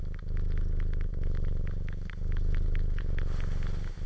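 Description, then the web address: Cat purring steadily while rapid moist suckling clicks tick along above the rumble, with short breath pauses. "cat purring and suckling"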